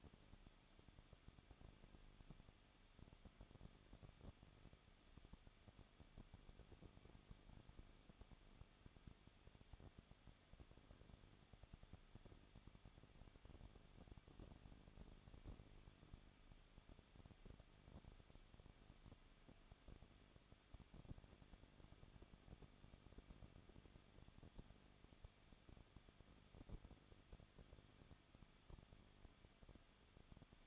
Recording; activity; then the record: daily activity, microphone in the room; no activity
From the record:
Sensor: 4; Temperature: 23.1 degrees Celsius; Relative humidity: 34.1%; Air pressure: 1007.2 hPa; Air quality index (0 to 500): 214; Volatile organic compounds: 14 ppm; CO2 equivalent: 2472 ppm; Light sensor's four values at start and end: 2/3/1/1 and 2/3/1/1